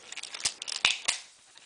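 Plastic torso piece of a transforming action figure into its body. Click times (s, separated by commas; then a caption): 0.8 s. The plastic torso piece of a transforming Sideswipe action figure is pushed up into its body during transformation. Small plastic handling clicks and rustles lead up to a sharp, bright click at 0.8 s as the torso seats, followed by another click near 1.1 s. The torso piece clicks into place.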